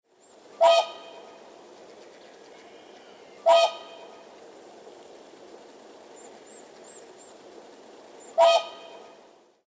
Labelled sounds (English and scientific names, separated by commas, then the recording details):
Whooper Swan (Cygnus cygnus)
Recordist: Tembrock, Günter
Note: Rufe